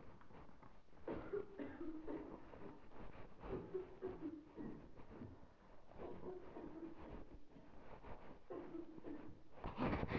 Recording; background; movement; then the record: deep breathing; a bystander coughing; walking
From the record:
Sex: female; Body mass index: 36.4 kg/m2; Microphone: on the chest, facing the body